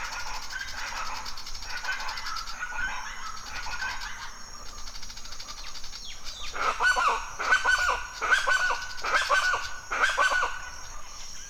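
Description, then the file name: Chachalacas calling loudly, a quiet start building into repeated harsh, rhythmic grating bursts in the second half, over a constant high insect drone. Loud calls recorded at dawn in forest in Mexico. "felix blume animals birds chachalas loud call dawn forest mexico"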